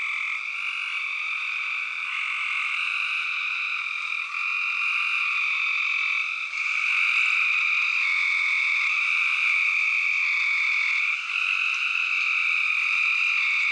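Spring peeper: a strong, steady chorus of spring peepers, countless high peeps blending into one shrill, sustained ringing with small dips in loudness.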